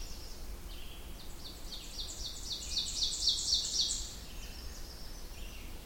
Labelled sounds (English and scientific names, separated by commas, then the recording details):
Ovenbird (Seiurus aurocapilla) song
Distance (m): 25 m
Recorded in boreal forest in Alberta, Canada, on 20 June 2016 at 08:32
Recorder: SongMeter 3, array SBT-6-81
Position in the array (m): 80 m, 61 m
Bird 24